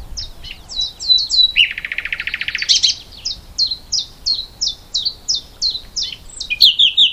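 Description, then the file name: Common nightingale singing a series of crisp, repeated descending notes, interrupted by a rich buzzy trill, then resuming the rapid note series. "Luscinia megarhynchos"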